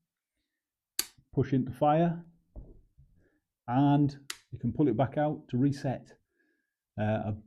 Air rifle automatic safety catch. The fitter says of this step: Excellent system. Automatic safety that pops on.